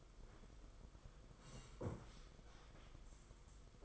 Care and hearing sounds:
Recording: daily activity, microphone in the room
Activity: sit down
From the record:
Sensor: 5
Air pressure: 990.6 hPa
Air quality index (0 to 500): 150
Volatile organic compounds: 162 ppm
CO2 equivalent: 4072 ppm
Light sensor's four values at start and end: 45/138/53/57 and 46/138/53/57

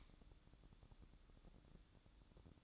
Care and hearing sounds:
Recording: daily activity, microphone in the room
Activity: light on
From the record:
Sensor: 3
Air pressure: 1007.9 hPa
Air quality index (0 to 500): 103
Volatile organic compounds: 1 ppm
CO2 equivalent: 865 ppm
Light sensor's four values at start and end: 9/22/9/9 and 16/44/19/17

